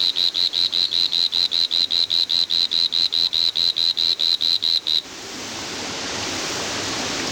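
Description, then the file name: Whirring tree frog calling a rapid train of high, evenly spaced pulsed notes for five seconds, then silence from the frog and a rising steady hiss. "Litoria revelata"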